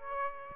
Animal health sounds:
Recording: mosquito wingbeat signal from an infrared sensor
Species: Aedes aegypti

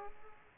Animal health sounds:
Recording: mosquito wingbeat signal from an infrared sensor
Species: Aedes aegypti

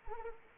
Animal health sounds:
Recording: mosquito wingbeat signal from an infrared sensor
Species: Anopheles arabiensis

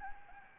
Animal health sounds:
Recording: mosquito wingbeat signal from an infrared sensor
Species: Anopheles gambiae

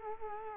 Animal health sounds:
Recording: mosquito wingbeat signal from an infrared sensor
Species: Culex quinquefasciatus

